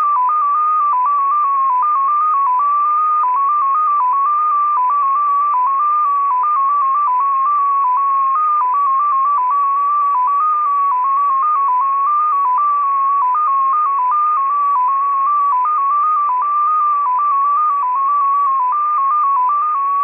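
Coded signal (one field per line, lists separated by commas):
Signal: numbers station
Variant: XPA2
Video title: XPA2 Number Station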